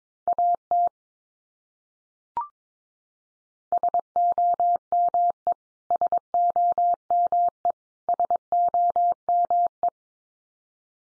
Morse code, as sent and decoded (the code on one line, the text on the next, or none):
.- - / ... --- -- . / ... --- -- . / ... --- -- .
AT SOME SOME SOME